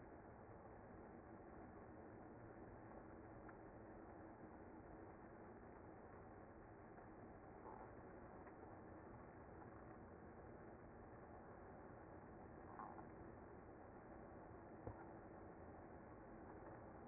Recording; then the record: honeybee colony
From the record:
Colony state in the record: active